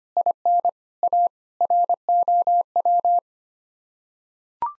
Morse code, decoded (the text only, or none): IN A ROW